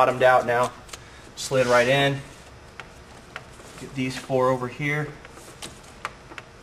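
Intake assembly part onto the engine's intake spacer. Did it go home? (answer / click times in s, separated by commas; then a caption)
yes / 6.0 s, 6.4 s. Someone talks while four parts of the intake assembly are lined up and pushed down onto a JHM intake spacer on a B6-B7 S4 / C5 allroad-A6 40v V8 engine. Two sharp clicks at 6.1 s and 6.4 s mark the intake parts popping into place, seated.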